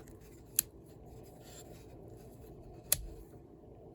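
The metal blade of a Boker 182 Sportsmesser slip-joint pocket knife is opened and closed, snapping into position against the back spring. Sharp, bright metallic clicks ring out at 0.6 s and 2.9 s over a low, steady background. Each time, the blade snaps cleanly into place.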